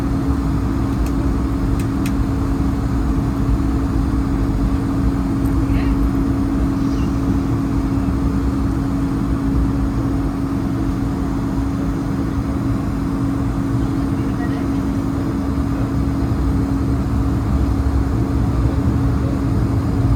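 A steady, dense aircraft engine drone with a constant low hum fills the cabin, while faint voices and a few brief clicks surface early on.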